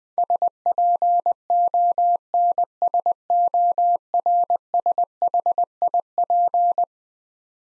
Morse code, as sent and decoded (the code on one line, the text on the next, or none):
... .--. --- -. ... --- .-. ... .... .. .--.
SPONSORSHIP